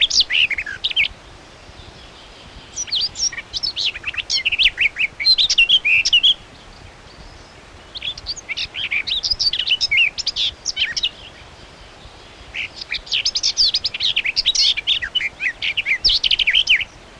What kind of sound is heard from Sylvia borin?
song